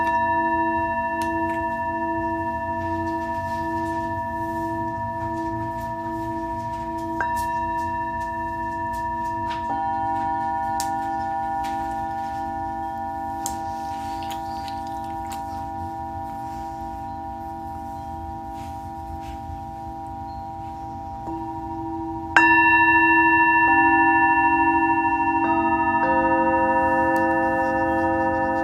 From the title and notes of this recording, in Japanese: メキシコから シンギングボウルのサウンドヒーリング ライブ。